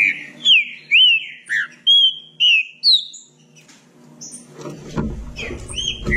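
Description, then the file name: Green-winged saltator song: several loud, clear whistled notes, some sliding down, then quieter notes over background noise. "canto do trinca ferro"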